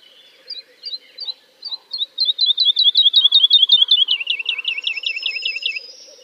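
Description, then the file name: Woodlark singing spaced notes that speed up into a rolling, descending trill of repeated lilting syllables, ending with a thin high note. "kicau master woodlark"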